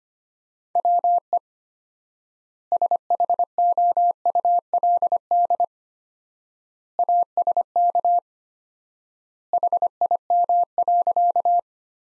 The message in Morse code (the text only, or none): WE SHOULD ASK HIM.